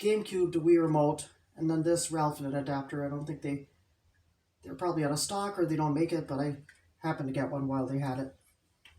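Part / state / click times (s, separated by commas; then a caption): controller adapter plug into the GameCube-style adapter port / not seated / none. A GameCube-to-DB9 controller adapter plug is handled near a GameCube-style adapter port, with a GameCube to Wii remote receiver and a Ralphnet adapter in use. Someone talks throughout with short pauses, and a faint brief sound appears near the end at 8.9 s. Nothing has seated or clicked yet.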